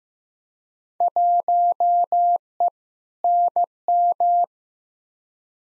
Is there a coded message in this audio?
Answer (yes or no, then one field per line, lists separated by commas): yes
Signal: Morse code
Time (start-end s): 1.0-4.4 s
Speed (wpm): 15 wpm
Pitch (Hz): 700 Hz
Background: none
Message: 1E NM